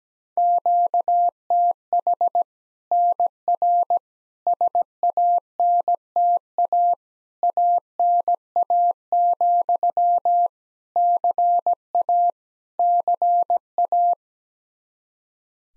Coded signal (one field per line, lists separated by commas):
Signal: Morse code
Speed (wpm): 17 wpm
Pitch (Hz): 700 Hz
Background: none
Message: QTH NR SANTA ANA, CA CA